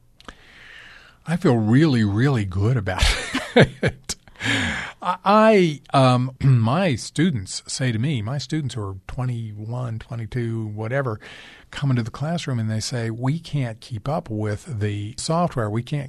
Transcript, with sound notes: I feel really, really good about it. (Laughter). I - my students say to me - my students are 21, 22, whatever - come into the classroom and they say, we can't keep up with the software.